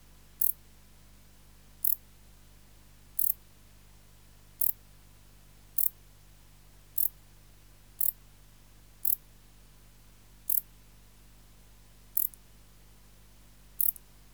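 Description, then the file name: Wart-biter producing single sharp high ticks, around ten of them at intervals of roughly one to one and a half seconds, with faint low hum behind. "Bio Acoustica. Decticus verrucivorus"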